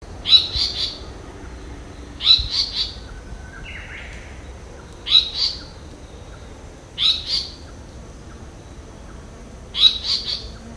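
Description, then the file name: Japanese paradise flycatcher giving short, high calls in small clusters, repeated every few seconds, with quiet background between them. "sankou"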